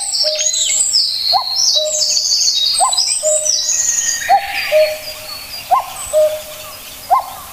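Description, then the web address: Common cuckoo calling a two-note falling cuck-oo about every one and a half seconds, with high chirping birds above. "sikioto. kakkou"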